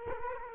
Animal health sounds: mosquito wingbeat signal from an infrared sensor; Culex quinquefasciatus

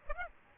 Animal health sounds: mosquito wingbeat signal from an infrared sensor; Aedes aegypti

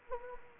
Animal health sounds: mosquito wingbeat signal from an infrared sensor; Anopheles gambiae

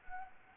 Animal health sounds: mosquito wingbeat signal from an infrared sensor; Anopheles gambiae

